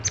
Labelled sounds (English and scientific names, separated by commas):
Palm Warbler (Setophaga palmarum) flight call